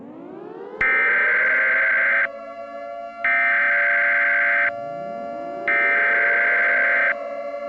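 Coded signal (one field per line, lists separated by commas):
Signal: Emergency Alert System (SAME) tones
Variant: header bursts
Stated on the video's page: Fictional EAS scenario depicting an attack on Minneapolis; simulated alert.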